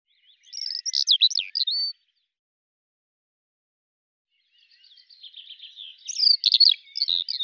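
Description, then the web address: Eurasian skylark song in two bursts of rapid high chirping and trilling, separated by a few seconds of silence. "Deverinetal 2025 File cleaned normalized Bird Al Ar"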